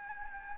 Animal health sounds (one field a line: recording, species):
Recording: mosquito wingbeat signal from an infrared sensor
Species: Anopheles gambiae